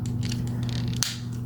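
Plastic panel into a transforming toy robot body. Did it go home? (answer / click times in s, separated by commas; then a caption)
yes / 1.0 s. A plastic panel on a Transformers Studio Series Rise of the Beasts Optimus Prime transforming toy robot is raised and pushed against the robot body, with light scratchy handling clicks over a steady low hum. A sharp plastic click at 1.0 s marks the panel snapping into place, seated.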